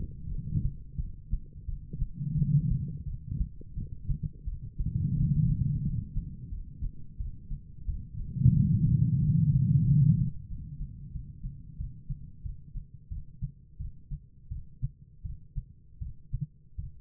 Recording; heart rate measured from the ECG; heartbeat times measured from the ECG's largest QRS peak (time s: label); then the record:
heart sounds by stethoscope; 87 bpm
0.29 s: heartbeat
0.97 s: heartbeat
1.66 s: heartbeat
2.36 s: heartbeat
3.05 s: heartbeat
3.75 s: heartbeat
4.45 s: heartbeat
5.15 s: heartbeat
5.82 s: heartbeat
6.50 s: heartbeat
7.18 s: heartbeat
7.86 s: heartbeat
8.54 s: heartbeat
9.20 s: heartbeat
9.85 s: heartbeat
10.48 s: heartbeat
11.12 s: heartbeat
11.77 s: heartbeat
12.43 s: heartbeat
13.09 s: heartbeat
13.78 s: heartbeat
14.49 s: heartbeat
15.23 s: heartbeat
15.99 s: heartbeat
16.76 s: heartbeat
From the record:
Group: healthy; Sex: female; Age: 51 years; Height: 162 cm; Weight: 70.04 kg